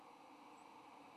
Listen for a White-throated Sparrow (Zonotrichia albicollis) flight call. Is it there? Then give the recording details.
no. Another species' flight call is heard. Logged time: 06:37 on 3 November 2014